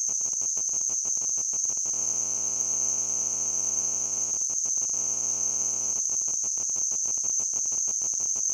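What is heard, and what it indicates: A steady, very high-pitched hissing ring persists unchanged for the whole clip, with a faint rapid flutter underneath. It is a simulation of tinnitus, the constant ringing or hissing some people hear without any outside sound.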